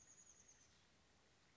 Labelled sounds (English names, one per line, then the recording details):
Oak Titmouse
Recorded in Sonoma County, California